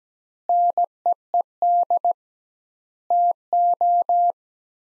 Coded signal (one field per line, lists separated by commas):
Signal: Morse code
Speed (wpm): 17 wpm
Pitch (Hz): 700 Hz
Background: none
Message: NEED TO